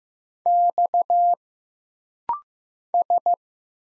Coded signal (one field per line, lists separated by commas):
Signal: Morse code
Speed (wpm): 15 wpm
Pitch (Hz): 700 Hz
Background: none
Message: X S